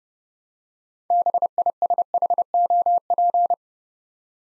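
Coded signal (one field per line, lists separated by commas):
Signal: Morse code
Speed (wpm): 30 wpm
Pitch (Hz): 700 Hz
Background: none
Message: BISHOP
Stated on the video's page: Morse practice set building six-letter words three letters at a time at 30 wpm, for beginners working on instant character recognition.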